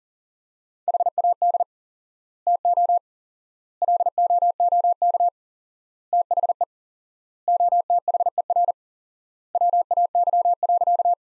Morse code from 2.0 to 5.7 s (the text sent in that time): TO LOOK